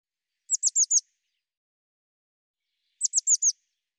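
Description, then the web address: Bird song: two quick phrases, each of four high, sharply descending whistled notes, about two and a half seconds apart, with silence between. "cianscape birddata Deverinetal 2025 File cleaned normalized Bird Cy Ca"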